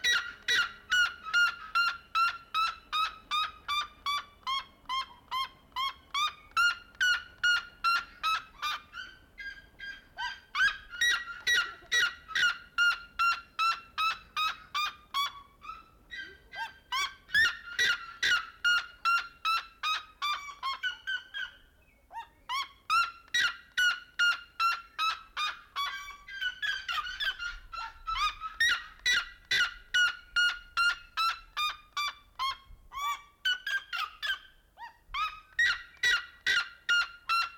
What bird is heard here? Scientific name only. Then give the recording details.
Cariama cristata. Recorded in captivity. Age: adult. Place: Zoo Berlin, Berlin, DE. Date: 1992-11-07 11:52. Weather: bedeckt, 14°C. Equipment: Marantz CP 430, Sennheiser ME 80, Kopie Tesla B 116. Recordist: Tembrock, Günter